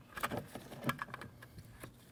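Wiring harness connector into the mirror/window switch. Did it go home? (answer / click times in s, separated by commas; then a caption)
no / none. A wiring harness connector is handled at the mirror and window switch on the door panel of a 2012-2016 Honda CR-V, producing light rattling and a quick run of short, sharp taps around 0.9 to 1.2 seconds. The connector has not seated or clicked into the switch yet.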